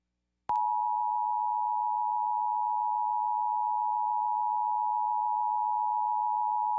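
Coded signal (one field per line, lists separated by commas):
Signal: Emergency Alert System (SAME) tones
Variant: 853 and 960 Hz attention tone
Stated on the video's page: Severe thunderstorm warning from NOAA Weather Radio relayed via KNCT FM, with a WeatherSTAR 4000; decoded headers partly garbled.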